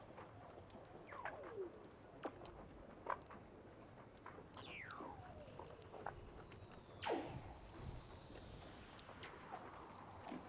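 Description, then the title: Weddell seal underwater calls: a few faint descending sweeps and short chirps amid scattered clicks and background crackle. "Douglas Quin - Weddell Seals (Underwater)"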